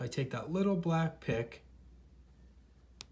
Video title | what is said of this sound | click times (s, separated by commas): Do you know how to clean your hearing aids properly? | push it in you'll feel or hear a little click and we'll pull it out and | 3.0 s